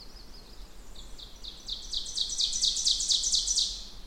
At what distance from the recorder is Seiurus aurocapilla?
about 25 m